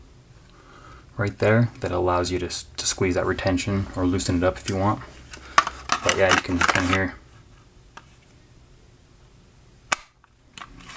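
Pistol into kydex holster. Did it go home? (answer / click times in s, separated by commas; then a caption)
yes / 9.9 s. Someone talks, then a pistol is reholstered into a Vedder LightTuck kydex holster, whose rubber washer adjusts the retention. A sharp retention click sounds at 9.9 s, and the pistol is seated in place.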